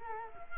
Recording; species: mosquito wingbeat signal from an infrared sensor; Culex quinquefasciatus